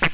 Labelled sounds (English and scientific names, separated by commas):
Hooded Warbler (Setophaga citrina) flight call